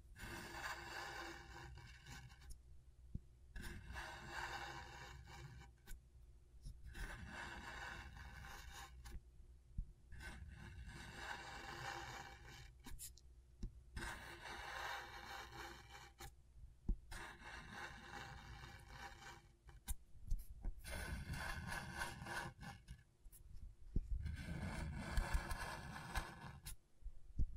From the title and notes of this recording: ASMR Brain Tingling Scratchboard (No Talking).